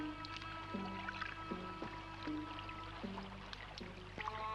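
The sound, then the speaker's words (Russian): Oars dip and pull through river water in a steady rhythm as a small boat moves along a river through a misty forest in the early morning, a soft creak and splash roughly every second over the constant murmur of flowing water. No one speaks. “гребет веслами”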